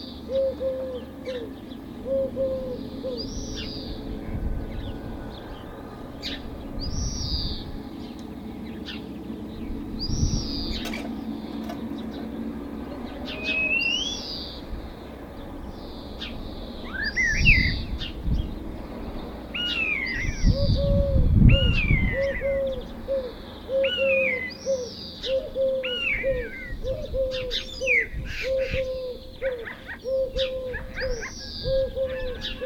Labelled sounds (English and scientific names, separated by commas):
Eurasian Collared Dove (Streptopelia decaocto)